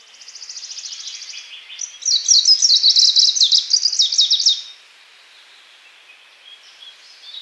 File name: penochka zelenaja